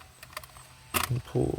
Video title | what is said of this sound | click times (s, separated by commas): 2006-2012 Lexus IS250 Factory Radio Climate Control Console replacement | And it's another one right here that y'all can see. It's a little tiny click | 0.4 s